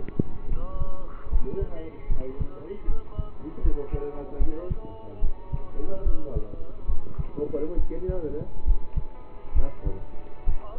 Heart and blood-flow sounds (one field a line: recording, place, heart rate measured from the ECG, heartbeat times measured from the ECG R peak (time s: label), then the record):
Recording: heart sounds by stethoscope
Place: between the tricuspid and mitral areas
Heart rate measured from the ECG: 72 bpm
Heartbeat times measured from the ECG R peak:
0.48 s: heartbeat
1.29 s: heartbeat
2.07 s: heartbeat
2.85 s: heartbeat
3.61 s: heartbeat
4.37 s: heartbeat
5.20 s: heartbeat
6.03 s: heartbeat
6.85 s: heartbeat
7.75 s: heartbeat
8.64 s: heartbeat
9.53 s: heartbeat
10.45 s: heartbeat
From the record:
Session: rest, lying down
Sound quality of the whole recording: partially saturated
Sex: male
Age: 27 years